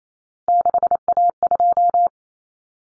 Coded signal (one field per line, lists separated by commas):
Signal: Morse code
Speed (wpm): 28 wpm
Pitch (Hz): 700 Hz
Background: none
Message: 6A2